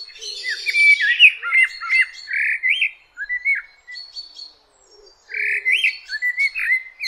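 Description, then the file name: Common blackbird song: mellow, fluting warbled phrases that swoop up and down, a pause, then another mellow phrase. "Turdus merula"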